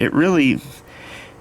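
A plastic leg section of a Transformers Titans Return Deluxe Class Twinferno transforming toy is handled as it is worked toward its slot in the body, while someone talks briefly over quiet handling noise. Nothing has seated or clicked yet.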